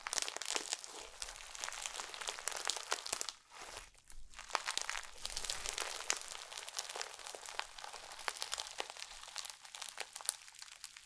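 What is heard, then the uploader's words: Slime being squished and stretched makes dense, bright crinkling and crackling bursts throughout, with a brief quieter dip around three and a half seconds. Satisfying ASMR Slime.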